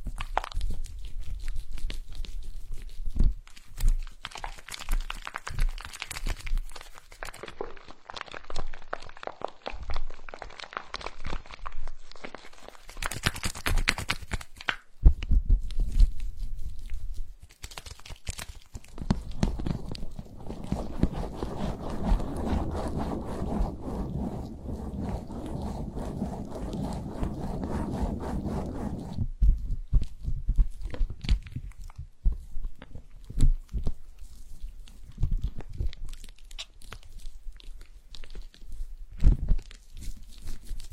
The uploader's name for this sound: tapping the water flow, smearing and tearing massage